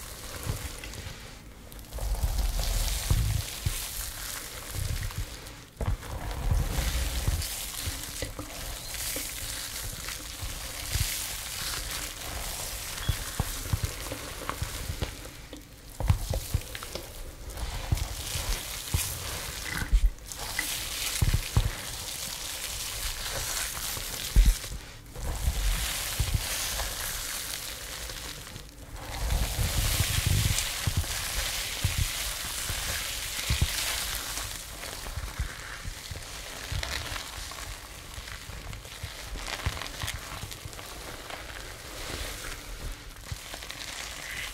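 Hair care sounds, steady hissing brushing and rustling with fuller low swells and brief dropouts near 2, 6, 16, 25 and 29 seconds.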